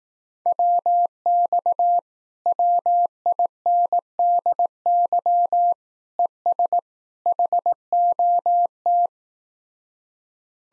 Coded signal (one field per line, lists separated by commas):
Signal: Morse code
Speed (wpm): 18 wpm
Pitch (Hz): 700 Hz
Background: none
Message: WX WINDY ES HOT